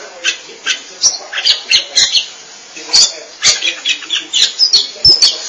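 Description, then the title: Oriental magpie-robin song: a string of varied scratchy and whistled notes in short bursts, with a brief pause midway. Chirping song (kicauan). "Suara Kicauan Burung Kacer"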